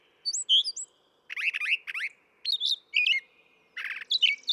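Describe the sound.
Brown thrasher song: a run of varied phrases, whistled notes and rapid downslurred chips, each brief figure given before switching to the next, with short pauses between.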